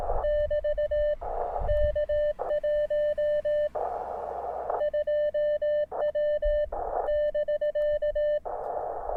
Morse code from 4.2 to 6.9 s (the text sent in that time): 2W